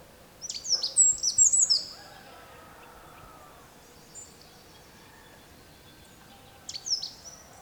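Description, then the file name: Eurasian wren: a rapid high-pitched chattering burst near the start and a second, shorter burst near the end. "Troglodytes troglodytes"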